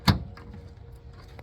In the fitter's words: until you hear that click, and that means it's in place.